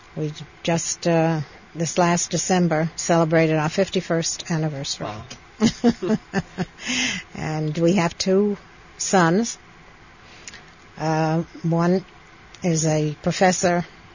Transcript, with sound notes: We just this last December celebrated our fifty-first anniversary. (She laughs) And we have two sons. One is a professor